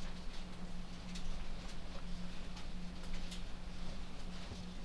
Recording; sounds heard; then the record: poultry house recording; no chicken sound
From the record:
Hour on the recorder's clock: 0